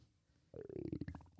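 After a half-second of quiet, a loud pulsing gurgle with a low tonal growl from an adult's stomach, picked up by a microphone placed on the stomach: ordinary stomach growling. It happens from time to time, worsens when the lungs expand, and goes away with pressure on the belly. A doctor visit in childhood found nothing wrong.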